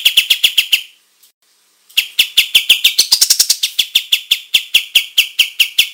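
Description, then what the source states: Olive-winged bulbul song: rapid run of sharp, ringing chip notes that breaks off briefly, then resumes steadily with a quicker, higher-pitched flurry midway. Singing gacor, energetically and in full voice.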